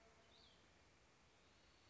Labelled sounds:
Cassin's Vireo
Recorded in Sonoma County, California

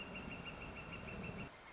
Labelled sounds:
Northern Flicker
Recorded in Sonoma County, California

